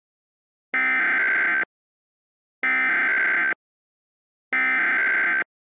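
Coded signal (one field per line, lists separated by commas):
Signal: Emergency Alert System (SAME) tones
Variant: header bursts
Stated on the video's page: A fictional EAS scenario of alerts for a polar vortex bringing heavy snow and extreme cold.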